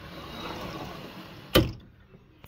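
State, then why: Seated. A retractable door screen, an Apollo retractable screen, is pulled across a single bronze entry door, with steady sliding noise. Its handle bar latches into the catch on the opposite door jamb with a sharp click at 1.6 s, and the screen is engaged and seated.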